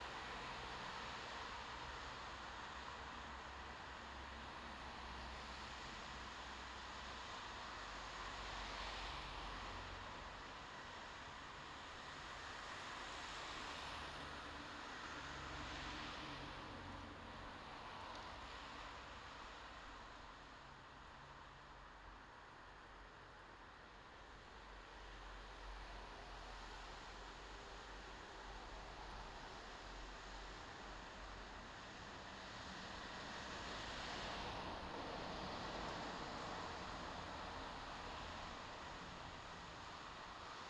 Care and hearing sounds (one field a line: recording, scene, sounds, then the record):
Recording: everyday scene through a hearing-aid microphone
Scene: in traffic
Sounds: traffic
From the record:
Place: bus stop on a city main road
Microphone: in the ear canal, left